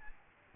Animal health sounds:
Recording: mosquito wingbeat signal from an infrared sensor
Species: Aedes albopictus

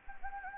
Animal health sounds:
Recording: mosquito wingbeat signal from an infrared sensor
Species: Anopheles gambiae

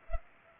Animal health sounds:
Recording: mosquito wingbeat signal from an infrared sensor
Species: Culex pipiens

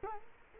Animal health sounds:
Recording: mosquito wingbeat signal from an infrared sensor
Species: Culex quinquefasciatus

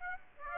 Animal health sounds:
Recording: mosquito wingbeat signal from an infrared sensor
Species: Aedes aegypti

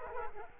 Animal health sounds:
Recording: mosquito wingbeat signal from an infrared sensor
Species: Culex quinquefasciatus

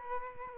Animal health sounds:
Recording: mosquito wingbeat signal from an infrared sensor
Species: Aedes aegypti

